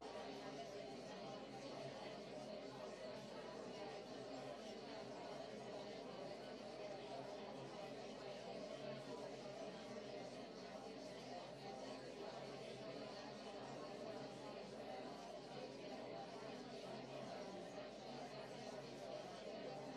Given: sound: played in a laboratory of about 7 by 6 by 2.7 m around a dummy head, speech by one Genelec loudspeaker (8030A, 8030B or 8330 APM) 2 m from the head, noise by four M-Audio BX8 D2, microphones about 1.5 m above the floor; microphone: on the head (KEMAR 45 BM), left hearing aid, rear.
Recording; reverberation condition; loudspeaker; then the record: babble noise; low; four, about 170 cm from the corners of the room and facing them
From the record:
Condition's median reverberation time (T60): about 310 ms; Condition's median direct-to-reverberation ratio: about 3.5 dB